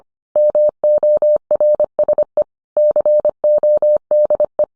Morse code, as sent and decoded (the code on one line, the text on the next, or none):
-- --- .-. ... . / -.-. --- -.. .
MORSE CODE